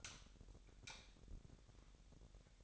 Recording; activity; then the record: daily activity, microphone in the room; light off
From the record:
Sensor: 3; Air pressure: 1011.9 hPa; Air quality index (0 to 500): 230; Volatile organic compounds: 5 ppm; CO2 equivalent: 1712 ppm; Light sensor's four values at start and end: 17/43/18/18 and 15/35/15/15